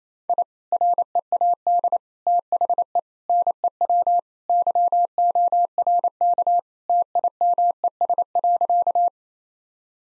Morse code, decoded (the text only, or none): I READ THE NEW YORK TIMES.